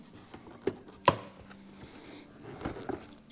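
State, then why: Not seated. A plastic trim piece is lined up and pushed against the plastic wheel liner of a BMW X5 SUV. Brief handling knocks and taps come at about 0.7, 1.1, 2.9 and 3.3 s over a quiet background, with the loudest at 1.1 s. Nothing has seated or clicked yet.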